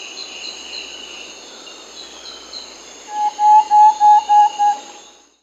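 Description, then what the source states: Thrush-like antpitta giving a steady series of six hollow, evenly spaced whistles in the second half, set against a background of high insect chirring. South America.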